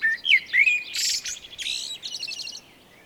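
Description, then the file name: Eurasian blackbird giving a short fluty warble that breaks into a scratchy, high-pitched twitter before fading. "Turdus merula"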